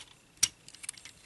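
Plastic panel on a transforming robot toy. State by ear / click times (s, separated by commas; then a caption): seated / 0.4 s. A plastic panel on a transforming robot toy is lined up and pushed together until it clicks in, with a sharp click at 0.4 s. Fainter plastic ticks and rattles follow until about 1.1 s, and the panel is seated.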